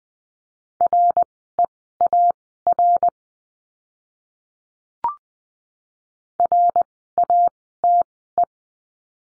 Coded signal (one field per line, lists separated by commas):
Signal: Morse code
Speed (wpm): 20 wpm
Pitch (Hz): 700 Hz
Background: none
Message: REAR RATE